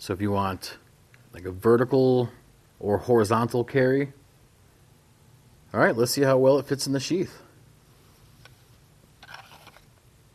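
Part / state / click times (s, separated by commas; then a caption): fixed-blade knife into kydex sheath / not seated / none. Someone talks while handling a Holtzman's Gorilla Survival "The Hornet" fixed-blade bushcraft knife and its kydex sheath, whose clip can be turned for vertical or horizontal carry. Faint, light handling taps follow between about 8.5 and 9.8 seconds as the knife is brought to the sheath. The knife has not yet been pushed home, and nothing has seated or clicked yet.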